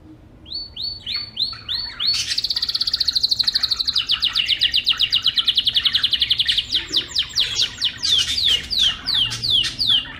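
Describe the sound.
Bird song: several clear downslurred notes, then a long loud rapid trill, then a run of repeated sweeping chirps toward the end.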